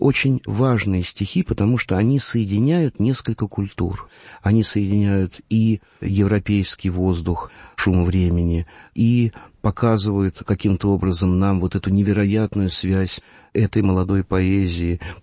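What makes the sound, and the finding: Adult man. Typical speech.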